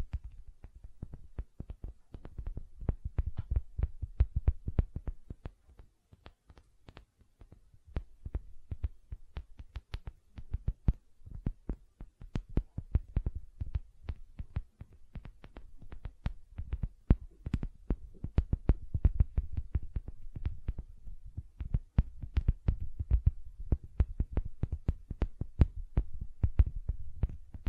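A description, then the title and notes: Gentle silicone sounds made of dense, irregular soft taps and squishes that crowd together with no steady beat. Each tick is brief and mostly low and dull, with faint bright edges, and the level swells and dips slightly across the clip. ASMR Gentle Silicon Sounds for Sleep (No Talking).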